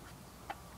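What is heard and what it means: The plastic jam door on the side of a toy foam-dart blaster is closed into the blaster body, seating with a single slight click at 0.5 s with almost no friction. A brief, faint tick stands out above quiet background noise, and the door is seated.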